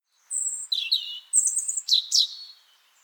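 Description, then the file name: European robin delivering a short, high phrase of thin whistles, a falling slur and quick sparkling notes, all clear against a quiet background. "Erithacus rubecula"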